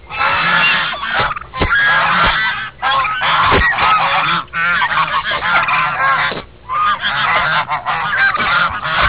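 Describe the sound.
Goose: geese honking in a dense, overlapping chorus of nasal calls, nearly continuous with brief pauses, many birds calling at once.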